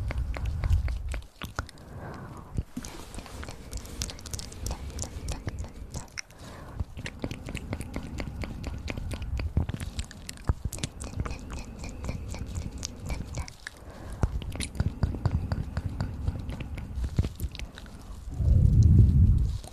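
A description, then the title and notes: Mouth sounds and breathing: a dense, steady run of wet clicks, smacks and chewing-like crackles fills most of the twenty seconds. Brief pauses fall near 1.5, 6 and 13.5 seconds, and low, heavy breaths swell at the start and again near the end. Mouth Sounds & Breathing.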